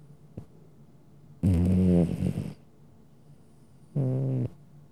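Domestic cat snoring: two rough, low rasping snores, the first about a second long, the second shorter near the end, with quiet breathing between.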